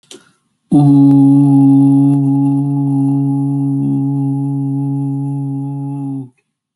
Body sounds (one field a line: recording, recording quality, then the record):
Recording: sustained vowel as in boot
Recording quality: excellent, no background noise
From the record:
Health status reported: healthy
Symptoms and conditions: none ticked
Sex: male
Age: 25 years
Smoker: not ticked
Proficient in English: yes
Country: India